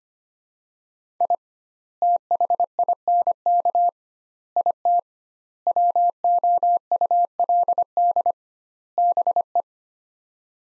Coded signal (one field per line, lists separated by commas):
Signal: Morse code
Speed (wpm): 25 wpm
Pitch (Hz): 700 Hz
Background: none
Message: I THINK IT WOULD BE